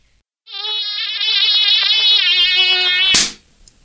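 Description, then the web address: Mosquito wing buzz: a steady, high, harmonic whine with slightly wavering pitch, lasting almost three seconds before a sharp burst cuts it off. "bugs komary"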